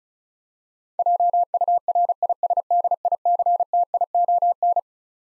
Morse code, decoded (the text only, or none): JURISDICTION